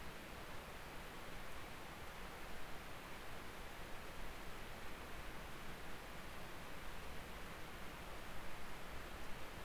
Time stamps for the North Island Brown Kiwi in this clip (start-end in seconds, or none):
none